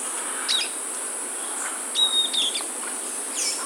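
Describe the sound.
Bird calls: a few short, high whistled notes, one held briefly at a level pitch, over a constant high hiss.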